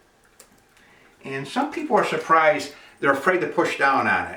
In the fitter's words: because when you push it down these clips slip in place both sides clip click if you hear those two clips that modules are now in